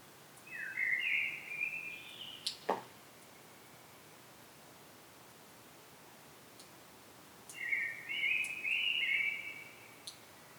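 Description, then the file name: Common blackbird giving two fluted warbled phrases several seconds apart, with a sharp knock between them and faint hiss throughout. "Turdus merula"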